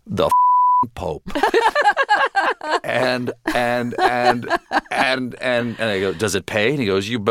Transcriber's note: laughter